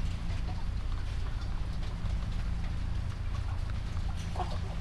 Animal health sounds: poultry house recording; sick chickens (respiratory disease)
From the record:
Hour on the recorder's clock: 3

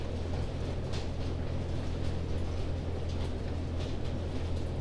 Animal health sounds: poultry house recording; no chicken sound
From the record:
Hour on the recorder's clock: 22

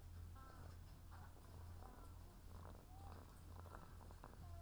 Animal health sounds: poultry house recording; sick chickens (respiratory disease)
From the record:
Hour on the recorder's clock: 17

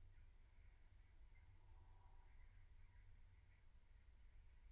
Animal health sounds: poultry house recording; no chicken sound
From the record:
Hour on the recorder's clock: 15

